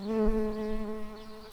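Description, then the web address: Early bumblebee producing a steady, low droning buzz, holding a constant pitch with rich harmonics for over a second before fading slightly. Workers. "Pratorum workers"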